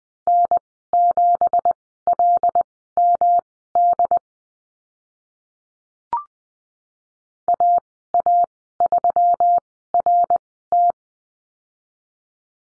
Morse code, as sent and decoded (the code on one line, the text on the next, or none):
-. --... .-.. -- -.. / .- .- ...-- .-. -
N7LMD AA3RT